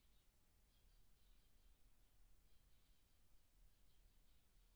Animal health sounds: poultry house recording; no chicken sound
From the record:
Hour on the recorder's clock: 18

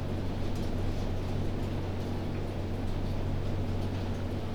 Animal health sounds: poultry house recording; no chicken sound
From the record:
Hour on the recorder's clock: 21

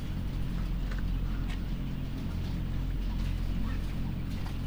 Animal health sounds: poultry house recording; sick chickens (respiratory disease)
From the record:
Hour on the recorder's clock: 3

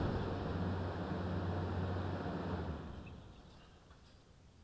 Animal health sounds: poultry house recording; healthy chickens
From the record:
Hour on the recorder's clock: 0

